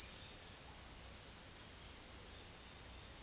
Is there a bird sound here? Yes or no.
no